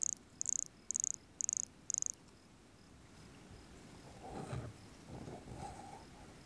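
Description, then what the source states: Brachycephalus sulfuratus: five regularly spaced, very high pulsed buzzy notes, then rustling noise. Recorded near Jurupara dam on 29 September 2016; calling individual vouchered as specimen MHNCI 10791 or 10792.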